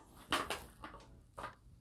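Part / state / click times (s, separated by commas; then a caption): outer battle belt onto magnetic inner belt / seated / 0.3 s. An outer battle belt from an Agilite Magnetix Battle Belt is put onto the magnetic inner belt and held by its magnets, snapping on with a sharp click at 0.3 s. Softer clicks follow at about 0.5, 0.9 and 1.4 s over a quiet background. The outer belt is seated on the inner belt.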